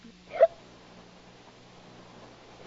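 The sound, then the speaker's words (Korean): A single sharp, voiced hiccup pops out near the start, brief and fairly loud, from a tipsy girl who has been drinking wine and is sitting on a swing in a film scene. It is followed by quiet with only a faint steady low hum. “딸꾹질까지 하는 케이트는 자신이 태어났을 때를 얘기해달라고 합니다.”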